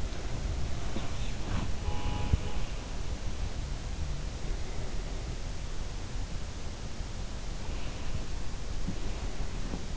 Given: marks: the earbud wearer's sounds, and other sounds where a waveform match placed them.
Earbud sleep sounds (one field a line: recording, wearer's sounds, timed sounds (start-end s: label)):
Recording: sounds in sleep by an in-ear microphone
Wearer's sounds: body movement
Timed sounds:
0.00-3.38 s: body movement
1.71-2.97 s: sound from someone else or the room
8.72-9.83 s: body movement